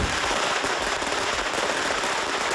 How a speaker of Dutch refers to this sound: eigenlijk al het harde klapvuurwerk is al verboden, wat je net ook hoorde